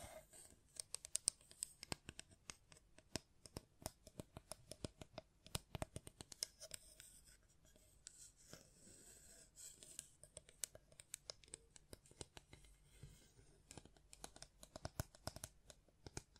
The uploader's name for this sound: Tapping, Scratching, Mic Brushing, Hand Sounds